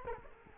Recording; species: mosquito wingbeat signal from an infrared sensor; Culex quinquefasciatus